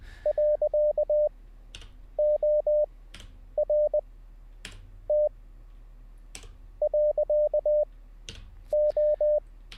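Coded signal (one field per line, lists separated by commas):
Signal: Morse code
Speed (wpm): 20 wpm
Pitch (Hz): 600 Hz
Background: none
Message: .ORT.O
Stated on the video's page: Live Morse code learning session, beginner CW practice.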